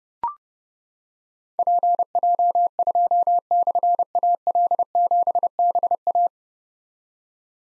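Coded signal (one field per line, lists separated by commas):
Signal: Morse code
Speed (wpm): 30 wpm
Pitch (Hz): 700 Hz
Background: none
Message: PJ2/AL7BA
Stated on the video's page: Difficult call signs containing slashes sent at 30 wpm for copy practice, each sent twice around a spoken version.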